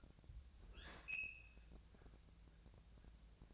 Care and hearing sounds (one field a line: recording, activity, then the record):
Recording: daily activity, microphone in the room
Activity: open fridge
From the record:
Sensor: 2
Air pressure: 999.9 hPa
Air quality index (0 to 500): 125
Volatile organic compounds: 2 ppm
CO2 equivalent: 1076 ppm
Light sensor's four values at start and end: 29/72/31/34 and 29/72/31/34